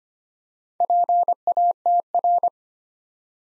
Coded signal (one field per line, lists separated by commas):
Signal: Morse code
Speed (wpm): 25 wpm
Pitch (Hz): 700 Hz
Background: none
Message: PATR